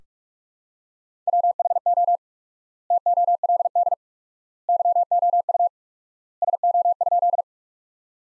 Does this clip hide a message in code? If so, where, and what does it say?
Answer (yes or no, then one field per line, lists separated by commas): yes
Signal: Morse code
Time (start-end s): 1.3-7.4 s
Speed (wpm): 46 wpm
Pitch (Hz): 700 Hz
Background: none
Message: WHO TOLD YOU SO?